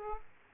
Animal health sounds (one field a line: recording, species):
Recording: mosquito wingbeat signal from an infrared sensor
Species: Aedes aegypti